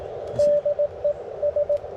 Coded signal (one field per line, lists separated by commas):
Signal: Morse code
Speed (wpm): 18 wpm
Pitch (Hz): 590 Hz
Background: radio noise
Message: DE S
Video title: WARC band activation on Contest Weeked